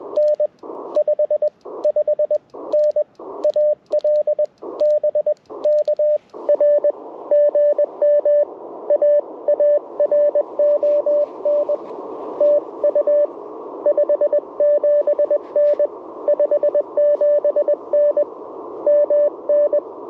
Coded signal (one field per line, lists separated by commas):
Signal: Morse code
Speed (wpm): 21 wpm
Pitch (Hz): 590 Hz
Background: radio noise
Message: N 55N AL BK R GM AARON TU 57N 57N MN